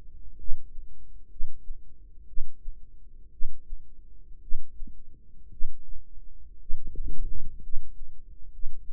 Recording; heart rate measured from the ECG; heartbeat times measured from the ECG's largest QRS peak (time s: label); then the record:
heart sounds by microphone in the right ear; 59 bpm
0.36 s: heartbeat
1.28 s: heartbeat
2.25 s: heartbeat
3.29 s: heartbeat
4.39 s: heartbeat
5.48 s: heartbeat
6.57 s: heartbeat
7.59 s: heartbeat
8.49 s: heartbeat
From the record:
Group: healthy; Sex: male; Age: 25 years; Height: 170 cm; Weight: 70.4 kg